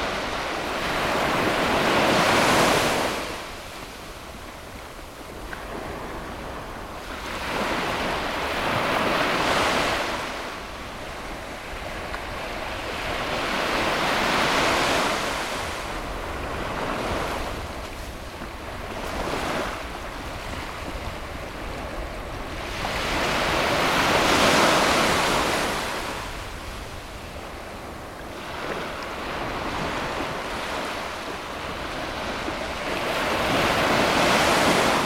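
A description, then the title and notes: Ocean waves roll in and wash out in regular swells every five to ten seconds, with a steady low rumble and some wind beneath. The Most Relaxing Waves Ever - Ocean Sounds.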